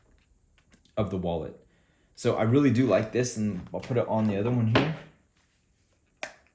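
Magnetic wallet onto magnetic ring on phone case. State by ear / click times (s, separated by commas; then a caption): seated / 6.2 s. A magnetic MagSafe-style wallet is placed onto a second phone or case fitted with a magnetic ring. Someone talks, then the wallet snaps on with one sharp click at 6.2 s and seats firmly.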